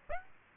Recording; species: mosquito wingbeat signal from an infrared sensor; Aedes aegypti